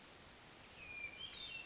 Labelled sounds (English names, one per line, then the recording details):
Hermit Thrush
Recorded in Sonoma County, California